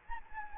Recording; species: mosquito wingbeat signal from an infrared sensor; Anopheles gambiae